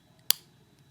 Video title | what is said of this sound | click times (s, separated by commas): My favorite running product! | And you hear the click and clicks it in place. | 0.3 s